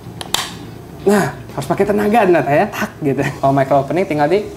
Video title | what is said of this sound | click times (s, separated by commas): Helmet Talk - Full Review KYT KX-1 Race GP - Kita Bedah Top Tier KYT! | nah ini posisi micro opening kayak gini kalau ngunci ada bunyi klek Nah | 0.3 s